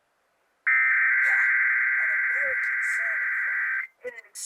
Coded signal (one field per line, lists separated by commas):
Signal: Emergency Alert System (SAME) tones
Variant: header bursts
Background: speech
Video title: Inland Northwest Monthly on KSPS-DT 6/11/2021 (EAS #639)